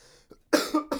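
Two loud, harsh cough bursts in quick succession after a faint catch, from an adult who is sick with the flu.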